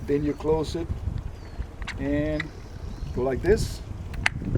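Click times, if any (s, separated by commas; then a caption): 4.3 s. The swinging metal side plate of an arborist rope pulley is closed onto its body over a rope inserted mid-line, then turned until it locks. Someone talks throughout, and soft clicks come before a sharp, loud metallic snap at 4.3 s, when the plate seats in place.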